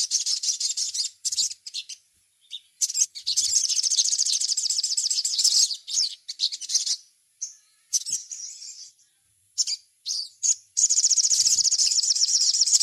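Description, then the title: Little spiderhunter song with almost continuous high, buzzy trilling, broken by short gaps and quick chips. The last two seconds are one unbroken rapid trill. Masteran (training recording). "Masteran Burung Sogok Ontong Labaik"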